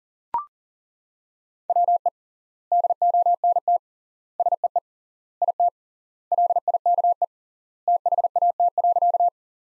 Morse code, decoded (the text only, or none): WE DONT SEE IT LIKE THAT.